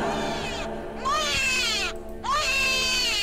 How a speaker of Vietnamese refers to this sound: Đứa trẻ biến mất, nhưng cái tiếng khóc thảm thiết của đứa trẻ sơ sinh nó vẫn còn vọng lại, vang vọng trong màn đêm, xoáy thẳng vào đầu.